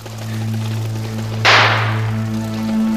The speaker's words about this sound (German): Willi, hör doch! Das war doch ein Schuss, Tarzan, wie heute Morgen im Moor! Kleinkaliber.